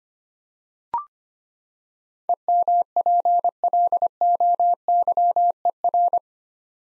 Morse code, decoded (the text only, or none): EMPLOYER